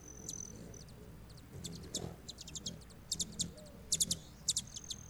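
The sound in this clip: Broad-tailed hummingbird giving quick, high chips in small clusters, along with a thin metallic trill, over a low hiss of background noise.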